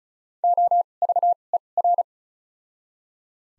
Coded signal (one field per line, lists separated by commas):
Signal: Morse code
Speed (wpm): 36 wpm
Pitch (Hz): 700 Hz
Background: none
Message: O V E R